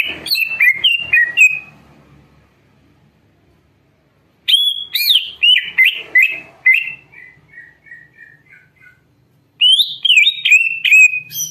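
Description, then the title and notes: Greater green leafbird giving three bursts of fast whistled song separated by short silences, notes swooping up and down with high clicking accents. Training recording for teaching other birds (masteran and pancingan) of a bird singing in full, energetic song (gacor). "Masteran & Pancingan Cucak Ijo Gacor. Burung Cucak Ijo"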